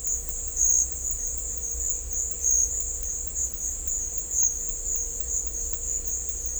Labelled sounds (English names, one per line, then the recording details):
none
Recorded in dense forest near Puerto Asís, Putumayo, Colombia, on 18 December 2024 at 12:00
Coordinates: 0.500, -76.322
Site G053